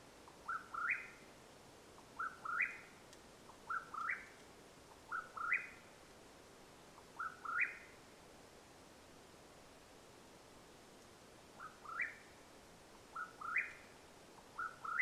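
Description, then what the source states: Mexican whip-poor-will repeating its rising whistled phrase, eight times with a pause after the fifth, over a quiet background. Call at nightfall in Madera Canyon, Arizona, USA, 21 April 2022.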